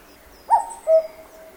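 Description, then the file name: Cuckoo calling a single two-note cuck-oo, a higher first note dropping to a lower, longer second note, with faint high-pitched sounds behind. Cuckoo call in a forest in Japan. "BIRD CUCKOO CALL JAPAN FOREST"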